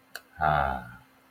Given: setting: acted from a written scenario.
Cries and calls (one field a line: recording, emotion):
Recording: vocal sound without words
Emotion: serenity